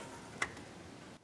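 A new spark plug wire boot is pushed onto the number seven spark plug on bank one of a 2008 Silverado truck engine during a 100k service spark plug and plug wire replacement. A single sharp click is heard at 0.4 s against a quiet background, and the boot is seated on the plug.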